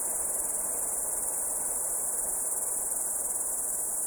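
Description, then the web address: Cricket chorus, a continuous shrill trill holding at one pitch without a break, over a soft low hiss. The recordist's own crickets. "sounds my crikets"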